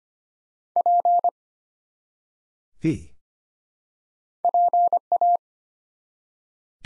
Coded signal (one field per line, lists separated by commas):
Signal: Morse code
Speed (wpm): 25 wpm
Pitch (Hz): 700 Hz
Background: none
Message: P PA